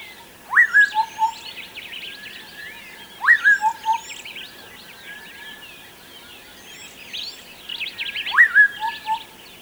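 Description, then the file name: Birds calling: a repeated upslurred whistle followed by lower piping notes every few seconds, with bursts of busy higher twittering. "various birds"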